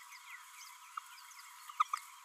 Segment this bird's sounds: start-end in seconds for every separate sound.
1.79-1.84, 1.93-1.95